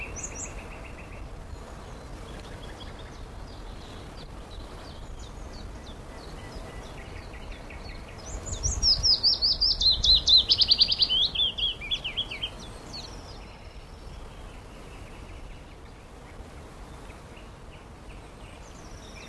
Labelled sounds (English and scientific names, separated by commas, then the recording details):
Willow Warbler (Phylloscopus trochilus) song
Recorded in the wild
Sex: male
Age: adult
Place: Mühlenbecker Land, OT Buchhorst, Naturpark Barnim, Brandenburg, DE
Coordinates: 52.6736, 13.3908
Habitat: pond
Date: 1988-04-30 12:32
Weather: sunny, 16-20°C
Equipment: Nagra SN, Kopie Tesla B 116
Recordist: Tembrock, Günter
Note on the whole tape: An den Teichen von Mühlenbeck-Buchhorst, am Fließtal. Gesang